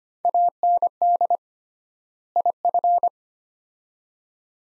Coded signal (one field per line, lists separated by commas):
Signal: Morse code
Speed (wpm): 25 wpm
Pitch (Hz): 700 Hz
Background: none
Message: AND IF